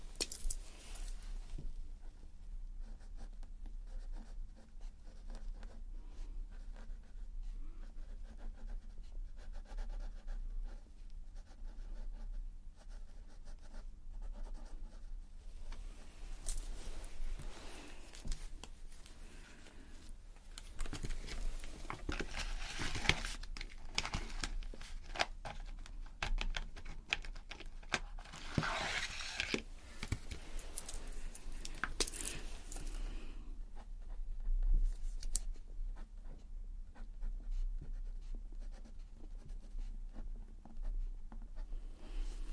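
A pencil colours on paper in a run of fine, scratchy strokes over a steady low hum. The first fifteen seconds are soft and even; from about sixteen to thirty-three seconds the strokes grow denser and rougher, with brighter bursts near twenty-nine seconds, before easing back.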